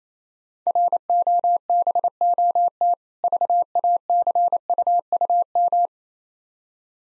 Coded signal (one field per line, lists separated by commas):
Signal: Morse code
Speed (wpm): 28 wpm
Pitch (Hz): 700 Hz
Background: none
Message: ROBOT VACUUM